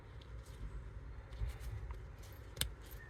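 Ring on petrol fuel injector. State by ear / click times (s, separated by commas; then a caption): seated / 2.6 s. A ring is oriented and pressed onto a petrol fuel injector for a VW, Audi or Skoda TFSI engine until it snaps into place, seated. Under a low, steady rumble, faint handling sounds come first, and a single sharp snap is heard at 2.6 seconds.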